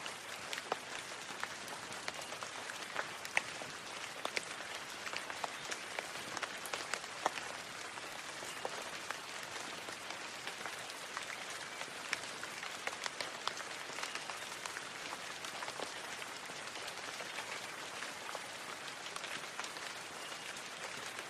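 Rain falls in a steady, dense patter with no pauses, a constant hiss filling the mids and highs. Countless small drop hits sound throughout, with brighter individual taps now and then, while the level stays even from start to finish.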